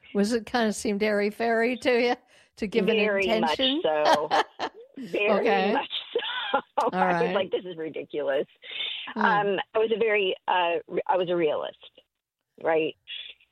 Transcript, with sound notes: Was it... kind of seemed airy fairy to you to give an intention?
Very much so.
(laughs)
Very-
Okay.
... much so. (laughs)
All right.
I was like, "This is ridiculous." Um, I was a very, uh... I was a realist, right?